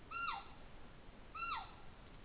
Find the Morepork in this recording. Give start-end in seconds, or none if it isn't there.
0.01-0.49, 1.23-1.71